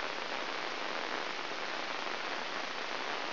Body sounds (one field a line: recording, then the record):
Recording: brain microelectrode recording played as sound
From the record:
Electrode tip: inside the subthalamic nucleus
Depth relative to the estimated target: -2 mm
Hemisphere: left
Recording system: AlphaMap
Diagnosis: Parkinson's disease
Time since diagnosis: 20 years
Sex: female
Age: 65 years